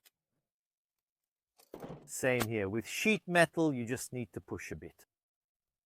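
The stamped sheet-metal top cover of a Zastava M76 rifle is handled and pushed onto the receiver after the recoil spring has been put back in, while someone talks. A couple of faint brief sounds come around 1.6–1.7 s, just before the talking starts. The cover has not seated or clicked home yet by the end of the clip.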